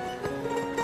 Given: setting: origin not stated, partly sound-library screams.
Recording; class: one-second piece from a danger detection set; normal situation